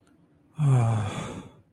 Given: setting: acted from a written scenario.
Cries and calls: vocal sound without words; romantic love

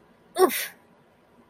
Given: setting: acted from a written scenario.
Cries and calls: vocal sound without words; pain

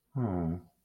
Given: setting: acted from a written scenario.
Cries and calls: vocal sound without words; adoration

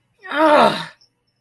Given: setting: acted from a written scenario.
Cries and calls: vocal sound without words; anger

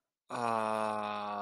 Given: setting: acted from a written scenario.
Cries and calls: vocal sound without words; contentment

